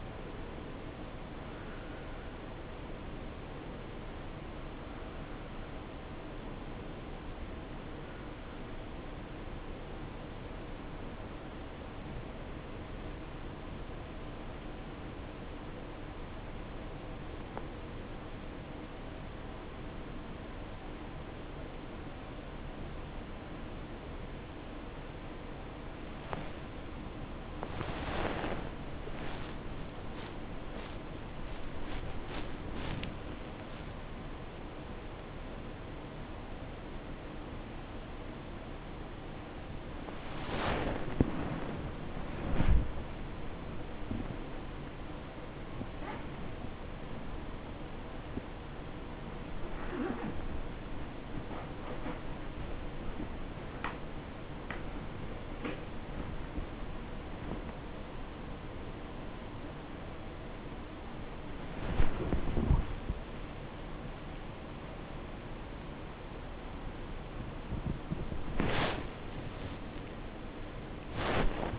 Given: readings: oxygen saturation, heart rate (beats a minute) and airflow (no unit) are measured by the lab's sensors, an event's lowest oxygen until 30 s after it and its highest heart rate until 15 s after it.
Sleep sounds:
a person awake in a sleep study, by a voice recorder at the bedside; 1
4.00-15.80 s: hypopnea (N2, oxygen 90% highest, then 86% lowest, heart rate 67 at the start, 84 highest)
22.00-71.79 s: new sleep stage, awake
27.00-71.79 s: awake
From the record:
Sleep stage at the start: N2 (light sleep); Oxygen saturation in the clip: 86 to 96%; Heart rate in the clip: 46 to 96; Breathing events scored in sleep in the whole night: 277 in 7.4 hours asleep

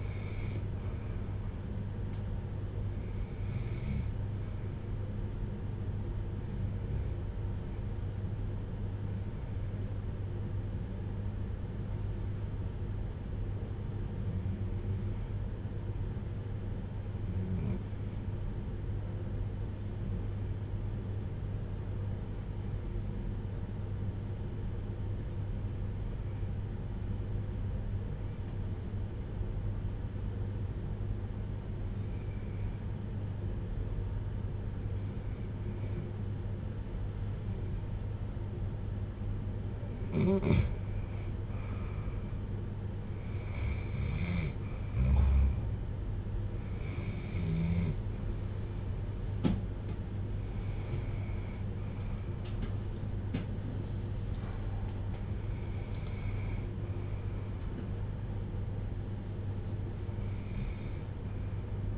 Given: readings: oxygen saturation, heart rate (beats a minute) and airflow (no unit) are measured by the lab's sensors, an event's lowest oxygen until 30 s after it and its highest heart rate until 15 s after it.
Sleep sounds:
breathing in sleep by a smartphone at the bedside; 1
8.00-42.10 s: hypopnea (REM, oxygen 96% highest, then 84% lowest, heart rate 57 at the start, 66 highest)
From the record:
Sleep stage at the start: REM sleep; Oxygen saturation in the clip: 84 to 96%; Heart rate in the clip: 51 to 66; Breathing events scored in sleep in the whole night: 310 in 8.1 hours asleep

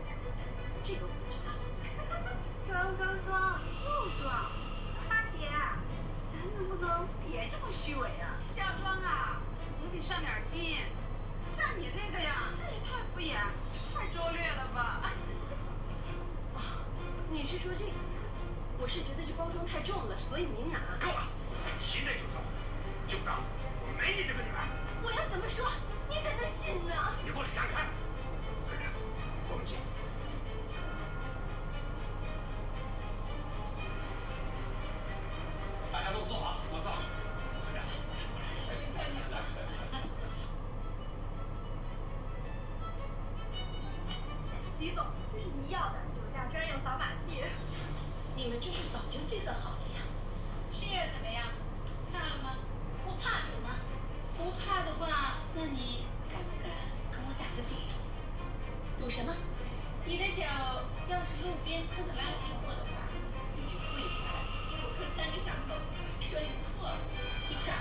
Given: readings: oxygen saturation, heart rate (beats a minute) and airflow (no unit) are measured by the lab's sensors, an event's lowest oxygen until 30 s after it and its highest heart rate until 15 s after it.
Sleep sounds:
a person awake in a sleep study, by a smartphone at the bedside; none
0.00-67.81 s: awake
From the record:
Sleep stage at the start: awake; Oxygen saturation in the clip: 93 to 94%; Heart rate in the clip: 59 to 68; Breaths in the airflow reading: 21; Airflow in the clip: -5.0 to 5.8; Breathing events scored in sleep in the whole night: 476 in 9.7 hours asleep

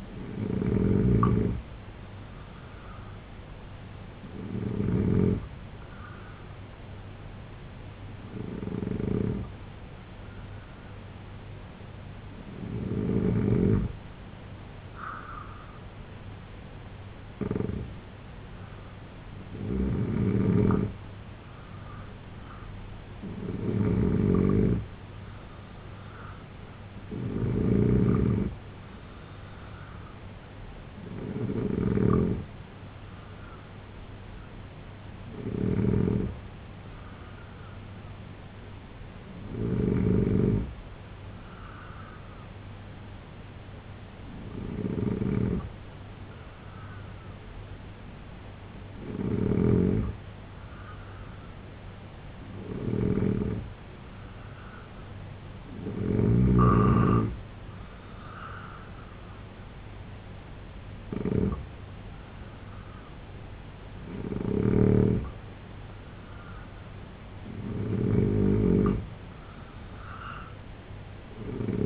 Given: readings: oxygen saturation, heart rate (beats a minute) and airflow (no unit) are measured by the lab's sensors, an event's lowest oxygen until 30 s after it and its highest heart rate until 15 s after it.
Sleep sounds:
breathing in sleep by a voice recorder at the bedside; 2
3.00-23.30 s: hypopnea (N2, oxygen 90% highest, then 87% lowest, heart rate 78 at the start, 81 highest)
26.00-56.00 s: new sleep stage, N3 (deep sleep)
41.00-54.70 s: hypopnea (N3, oxygen 90% highest, then 87% lowest, heart rate 71 at the start, 77 highest)
56.00-71.86 s: new sleep stage, N2 (light sleep)
From the record:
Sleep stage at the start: N2 (light sleep); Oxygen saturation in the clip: 85 to 90%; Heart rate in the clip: 70 to 81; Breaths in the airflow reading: 17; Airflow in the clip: -3.3 to 6.0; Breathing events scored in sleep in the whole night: 258 in 7.4 hours asleep

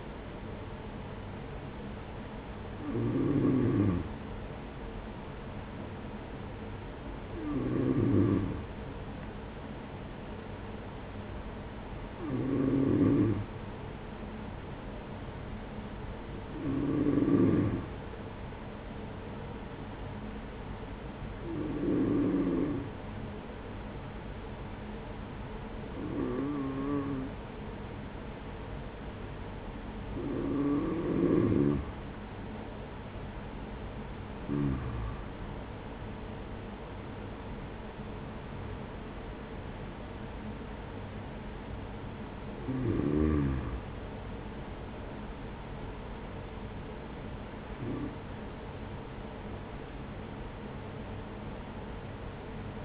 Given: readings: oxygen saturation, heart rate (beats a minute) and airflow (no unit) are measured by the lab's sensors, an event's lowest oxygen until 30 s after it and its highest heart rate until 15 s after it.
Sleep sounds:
breathing in sleep by a voice recorder at the bedside; 1
16.00-35.60 s: hypopnea (N2, oxygen 94% highest, then 93% lowest, heart rate 43 at the start, 50 highest)
From the record:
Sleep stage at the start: N2 (light sleep); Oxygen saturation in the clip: 92 to 94%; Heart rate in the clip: 42 to 50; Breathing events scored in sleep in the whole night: 210 in 6.9 hours asleep

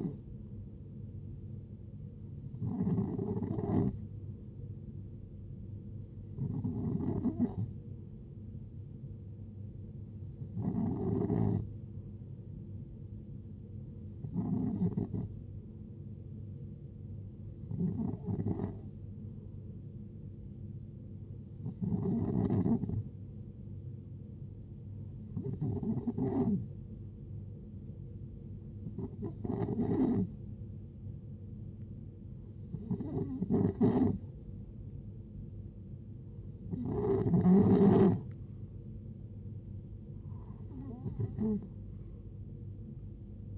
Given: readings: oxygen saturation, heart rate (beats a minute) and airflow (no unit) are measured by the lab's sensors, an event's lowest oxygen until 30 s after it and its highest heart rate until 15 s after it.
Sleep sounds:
breathing in sleep by a smartphone at the bedside; none
none scored
From the record:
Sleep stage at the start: N2 (light sleep); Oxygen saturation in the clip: 91%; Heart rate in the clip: 66 to 70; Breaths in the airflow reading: 12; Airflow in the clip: -7.4 to 7.1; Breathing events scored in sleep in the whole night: 389 in 6.3 hours asleep

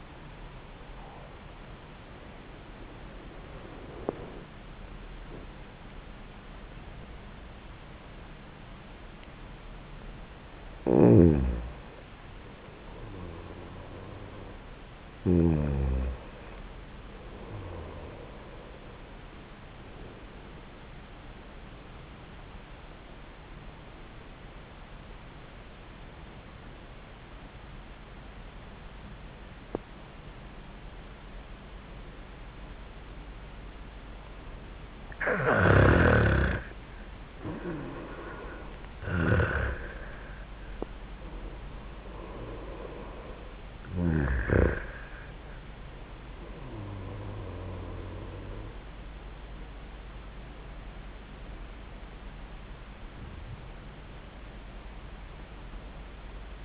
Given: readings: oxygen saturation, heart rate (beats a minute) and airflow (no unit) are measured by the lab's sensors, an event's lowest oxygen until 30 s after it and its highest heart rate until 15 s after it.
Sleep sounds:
breathing in sleep by a voice recorder at the bedside; 1
22.00-36.30 s: obstructive apnea (N1, oxygen 95% highest, then 89% lowest, heart rate 72 at the start, 84 highest)
49.00-56.65 s: new sleep stage, N2 (light sleep)
From the record:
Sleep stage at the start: N1 (lightest sleep); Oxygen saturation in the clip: 89 to 97%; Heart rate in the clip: 69 to 84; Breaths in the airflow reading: 8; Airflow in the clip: -5.5 to 4.5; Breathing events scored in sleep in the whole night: 400 in 8.7 hours asleep

